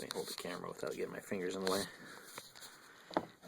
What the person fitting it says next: Literally you just push it on, and you'll hear a little snap.